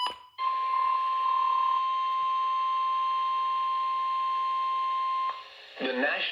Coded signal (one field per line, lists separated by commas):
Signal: Emergency Alert System (SAME) tones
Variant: 1050 Hz attention tone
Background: speech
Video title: 6/2/26 Severe Thunderstorm Warning for Harris County (EAS #60)